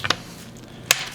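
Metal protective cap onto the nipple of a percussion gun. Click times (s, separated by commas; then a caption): 0.9 s. A metal protective safety cap over the nipple of an antique percussion gun is opened and then pushed back into place. Two quick light clicks come at about 0.1 s, followed by a much louder sharp snap at 0.9 s as the cap seats.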